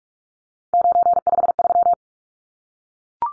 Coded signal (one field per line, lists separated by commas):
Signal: Morse code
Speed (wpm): 44 wpm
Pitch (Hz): 700 Hz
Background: none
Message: 953